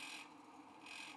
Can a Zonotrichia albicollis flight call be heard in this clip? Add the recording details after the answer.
no. No flight call is heard. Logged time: 10:38 on 5 December 2014